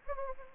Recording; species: mosquito wingbeat signal from an infrared sensor; Anopheles gambiae